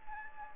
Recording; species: mosquito wingbeat signal from an infrared sensor; Anopheles gambiae